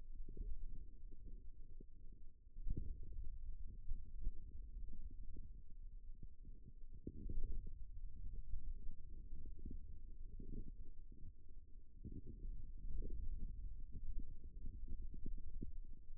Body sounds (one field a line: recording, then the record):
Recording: forearm muscle sounds (acoustic myography)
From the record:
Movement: wrist flexion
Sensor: system 2, bracelet of six BSWA MPA416 microphones around the upper forearm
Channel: 1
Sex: male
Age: 22 years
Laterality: right